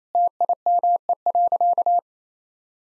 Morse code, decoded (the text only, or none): TIME.